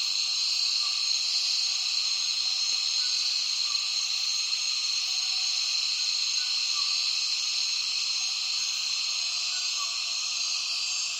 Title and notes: Intense Dusk Chorus In The Borneo Rainforest. A myriad cicadas start calling as soon as the afternoon light begins to fade in Tawau Hills NP, Borneo